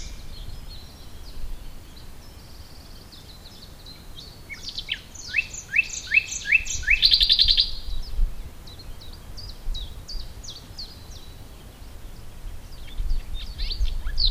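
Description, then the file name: Common nightingale singing varied phrases: a run of several slurred whistles, then a dense buzzy rattle, followed by scattered short high notes over low rumbling background noise. "Luscinia megarhynchos"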